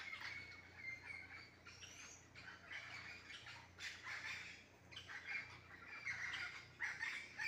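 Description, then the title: Parakeets giving harsh squawks and chatter in irregular bursts, several birds calling over one another, louder toward the end. Wild green parakeets at 6:15 AM in a garden mango tree, feeding on mangoes, noisy as if partying or fighting, knocking mangoes down. "El Canto de los pericos en la mata de Mango"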